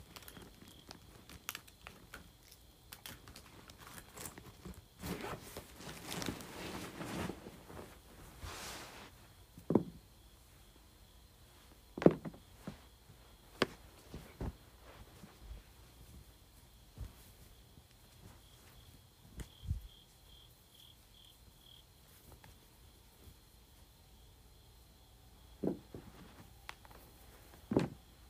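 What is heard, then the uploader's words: Items are being moved around, with scattered knocks and clunks at irregular moments, sharpest near 10, 12 and 28 seconds. A longer scraping, rustling stretch runs from about 5 to 9 seconds. A faint steady high whine holds underneath throughout. ASMR Moving Various Items Around.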